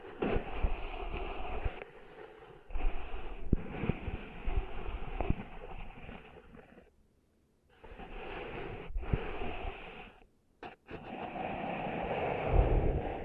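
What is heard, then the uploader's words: Ears being cleaned of sand: a dense, muffled rushing and scraping fills most of the clip, coming in long stretches broken by short silences near 2, 7 and 10 seconds. Occasional sharp knocks and crackles punctuate the rubbing. ASMR Cleaning Sand Out of Your Ears (No Talking).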